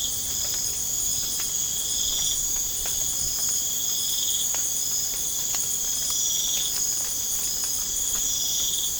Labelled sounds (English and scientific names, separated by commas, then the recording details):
none
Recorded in pastures near Puerto Asís, Putumayo, Colombia, on 25 June 2025 at 03:30
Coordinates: 0.496, -76.326
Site GP01